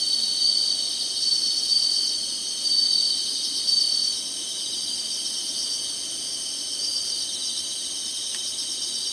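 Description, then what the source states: Insect song as a continuous high chorus, with rhythmic louder pulsing in the first four seconds before settling into a steady drone. Singing, in summer.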